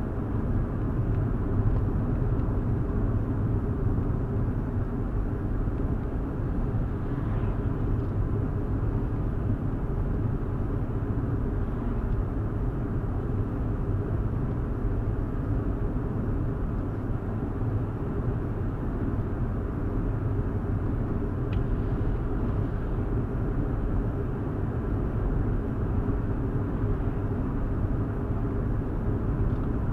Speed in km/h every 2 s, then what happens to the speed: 71, 69, 68, 69, 68, 68, 69, 68, 69, 72, 72, 74, 74, 74, 71.
0-14 steady at about 68. 14-22 speeds up to 74. 22-30 steady at about 74.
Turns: none.